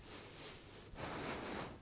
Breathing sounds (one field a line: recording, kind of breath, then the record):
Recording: one breath in and out by a microphone near the nose and mouth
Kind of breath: strong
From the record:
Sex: male